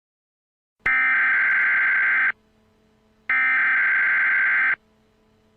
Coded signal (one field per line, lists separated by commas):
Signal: Emergency Alert System (SAME) tones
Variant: header bursts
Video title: Eas-test2.mp4